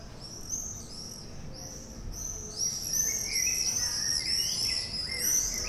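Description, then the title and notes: Common swifts giving shrill, high buzzy screams in rapid overlapping bursts, building into a continuous screaming chorus in the second half over a low background rumble. Bonn old town, Germany, July 2006. "bonn altstadt, mauersegler - mauersegler im juli 2006. Mauersegler, Bonn, Juli 2006. maik johannsen"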